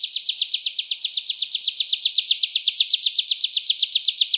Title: Suara ciblek gunung